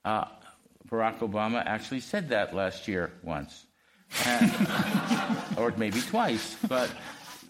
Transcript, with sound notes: Barack Obama actually said that last year once.
[Laughs]
Or maybe twice.